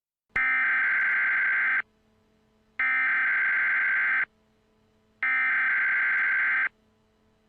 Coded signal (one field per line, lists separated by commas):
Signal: Emergency Alert System (SAME) tones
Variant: header bursts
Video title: EAS Scenario #21: Creeper Invasion 2